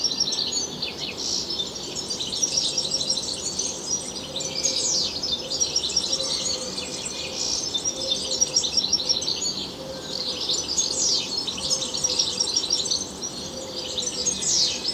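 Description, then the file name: European goldfinch song: a fast, continuous jumble of high twittering notes and quick downward slurs, with a steady low hum and background noise throughout. "Carduelis carduelis"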